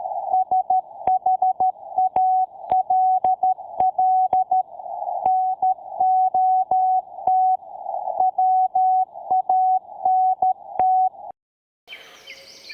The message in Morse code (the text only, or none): SHALL NOT WANT